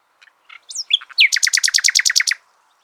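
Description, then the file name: Common nightingale song: scattered soft notes and sweeping whistles lead into a rapid, evenly spaced run of about a dozen loud repeated notes. "Luscinia megarhynchos"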